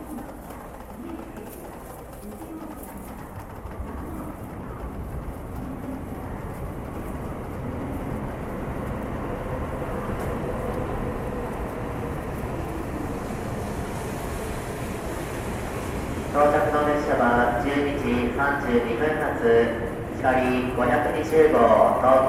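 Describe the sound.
Trains and people talking at a station: a low rumble and murmur of voices build slowly over the first sixteen seconds. Then a louder, ringing announcement cuts in and carries on to the end over the steady background.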